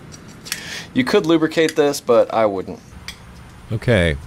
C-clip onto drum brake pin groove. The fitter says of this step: push it on there once it snaps in place you're good to go make sure it moves